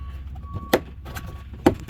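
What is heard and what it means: A plastic trim panel held by sheet-metal body clips is pushed into a car body by hand. Two sharp snaps sound at 0.7 s and 1.7 s over a low, steady background hum. The body clips are seated.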